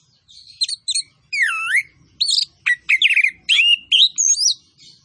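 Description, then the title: Orange-headed thrush song, varied loud phrases of sweeping whistles and harsh chirps, a deep down-up slur among them, delivered in quick succession with short pauses. Master recording of vigorous singing with full fill-in phrases and 'tembakan cililin' style shots. "Anis Kembang Gacor. MASTERAN ANIS KEMBANG ISIAN FULL DENGAN TEMBAKAN CILILIN"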